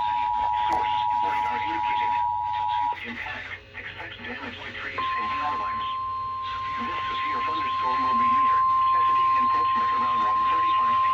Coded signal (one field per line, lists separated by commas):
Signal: Emergency Alert System (SAME) tones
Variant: 853 and 960 Hz attention tone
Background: speech